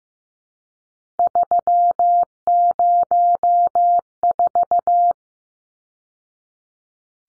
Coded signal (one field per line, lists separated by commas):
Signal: Morse code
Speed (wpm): 15 wpm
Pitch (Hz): 700 Hz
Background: none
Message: 304